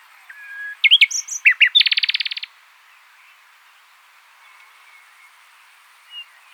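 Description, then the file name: Common nightingale song: a few thin whistles and sharp notes lead into a fast, rattling trill, followed by several seconds of near silence and one faint later note. "Luscinia megarhynchos"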